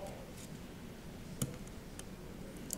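A SIM card is handled chip face down, notch end first, at SIM slot one of a Cradlepoint IBR900 Series router's spring slot, with small handling ticks at about 1.4, 2.0 and 2.7 seconds over a quiet background. Nothing has seated or clicked yet; the card is not yet locked in.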